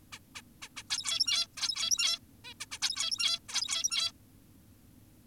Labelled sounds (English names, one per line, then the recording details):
Zebra Finch
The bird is an adult
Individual g17y2U